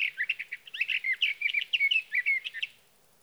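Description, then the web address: Sage thrasher song, a fast, continuous jumble of warbled and slurred notes with many quick phrases, running for nearly three seconds before stopping. "birdsongforthecurious Sage Thrasher"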